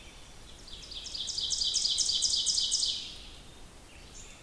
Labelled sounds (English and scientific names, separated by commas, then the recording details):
Ovenbird (Seiurus aurocapilla) song
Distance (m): 30 m
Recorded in boreal forest in Alberta, Canada, on 2 June 2016 at 08:08
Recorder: SongMeter 3, array SBT-3-7
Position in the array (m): 23 m, 135 m
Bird 4